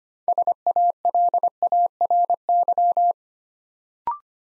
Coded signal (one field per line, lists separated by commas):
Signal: Morse code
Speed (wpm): 25 wpm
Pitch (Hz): 700 Hz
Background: none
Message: SALARY